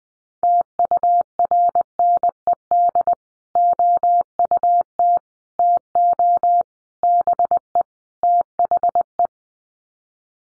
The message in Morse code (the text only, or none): TURNED OUT TO BE THE